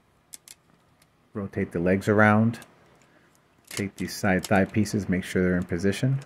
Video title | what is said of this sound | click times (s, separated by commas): Bai Wei Jetfire KO Studio Series figure Explorer Elder + jet power upgrade set for Optimus Prime | we'll take his jet crotch and put the two parts together till we hear a firm snap. | 0.3 s